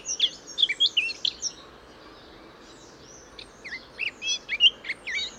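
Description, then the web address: Eurasian blackcap song: two bursts of quick, varied warbling notes separated by a quiet pause of about two seconds, with a faint steady hiss underneath. "SETE Sylvia atricapilla"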